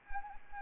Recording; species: mosquito wingbeat signal from an infrared sensor; Anopheles arabiensis